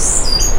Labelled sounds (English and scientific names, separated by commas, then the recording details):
Stitchbird (Notiomystis cincta) song
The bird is a male
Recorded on Tiritiri Matangi Island, New Zealand, in 2005
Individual 12, of nest box 16